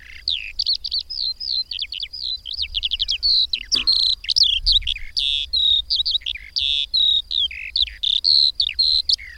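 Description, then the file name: Eurasian skylark song, a fast, ceaseless warble of sharp high notes, trills and sweeping whistles. "Mezei pacsirta"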